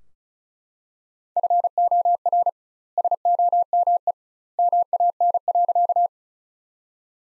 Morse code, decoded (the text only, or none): FOR SOME MAN.